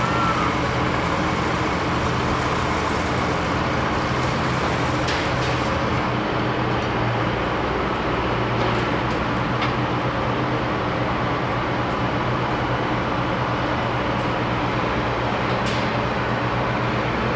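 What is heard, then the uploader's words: A generator drones steadily under dense construction noise, with occasional sharp bangs and taps around five, ten and sixteen seconds. Banging/Tapping/Hammering/Compacting. There are a rich variety of percussive site sound sources here. The sound of arc welders and their generator as well as crane sounds (not birds).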